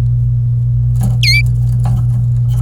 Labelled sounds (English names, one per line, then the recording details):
Domestic Canary song
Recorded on 26 April 2018 at 08:58
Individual llb3